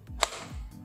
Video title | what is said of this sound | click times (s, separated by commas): airsoft untuk pemula!, murah, mudah, dan upgrade able, dcobra!. | nah misalkan ada kalian bunyi klek begitu, itu tandanya sudah masuk dan magazinnya sudah tertahan ya. | 0.2 s